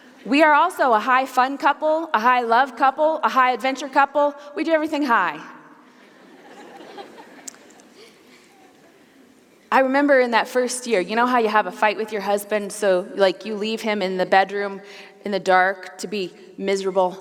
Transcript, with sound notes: We are also a high-fun couple, a high-love couple, a high-adventure couple. We did everything high. (laughter) I remember in that first year... You know how you have a fight with your husband, so you leave him in the bedroom, in the dark, to be miserable.